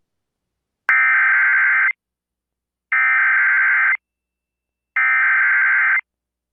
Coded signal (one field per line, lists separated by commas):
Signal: Emergency Alert System (SAME) tones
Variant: header bursts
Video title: Back For More? EAS Alerts From May 28-29, 2021 (EAS #1167-1176)